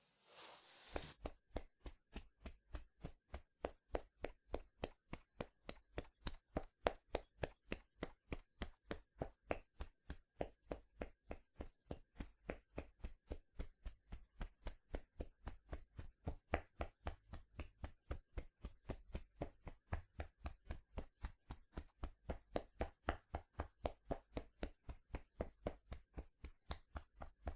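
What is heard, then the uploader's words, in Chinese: Hair combing and massage, heard as a steady run of sharp, crisp taps, about three per second, kept up evenly for the whole clip after a brief rustle at the start. The strikes are bright with a soft low thump beneath, and stay fairly even in loudness. 中文音声 轻语+梳头+按摩 耳机食用。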